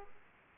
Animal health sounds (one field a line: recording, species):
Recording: mosquito wingbeat signal from an infrared sensor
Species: Aedes aegypti